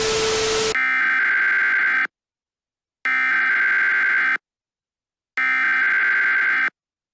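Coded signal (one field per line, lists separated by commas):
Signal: Emergency Alert System (SAME) tones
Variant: header bursts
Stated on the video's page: Fictional analog horror EAS scenario, not based on a real event.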